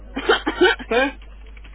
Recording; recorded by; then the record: voluntary cough; telephone call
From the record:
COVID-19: positive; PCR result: checked with the laboratory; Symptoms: yes